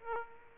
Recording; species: mosquito wingbeat signal from an infrared sensor; Aedes aegypti